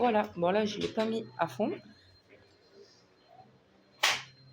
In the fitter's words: on a entendu le claque voilà